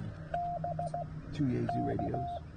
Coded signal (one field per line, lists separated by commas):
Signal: Morse code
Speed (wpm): 16 wpm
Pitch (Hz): 700 Hz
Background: speech, radio noise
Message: BK